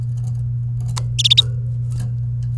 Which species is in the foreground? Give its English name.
Domestic Canary